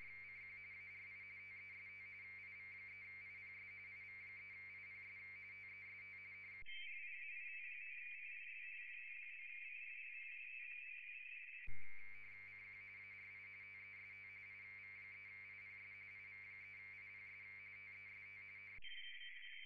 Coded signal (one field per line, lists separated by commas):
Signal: RTTY